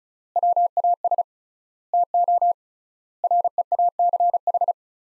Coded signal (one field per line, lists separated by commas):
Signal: Morse code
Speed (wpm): 36 wpm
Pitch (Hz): 700 Hz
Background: none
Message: WAS TO REACH